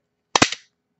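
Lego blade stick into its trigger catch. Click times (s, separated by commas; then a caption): 0.4 s. A plastic Lego hidden-blade stick is pulled back until the trigger mechanism catches it, with rubber bands on the side supporting it. A sharp click at 0.4 s is followed by a couple of quick plastic snaps that fade out by about 0.65 s. The stick seats in the catch and stays held there.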